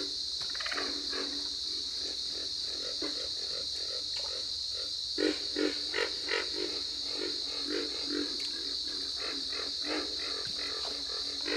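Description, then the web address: Pig frog: chorus of low, hoarse grunts, some in quick runs of three or four, against a continuous shrill hum. "Dan Gibson's Solitudes Frog Song. Pig Frog"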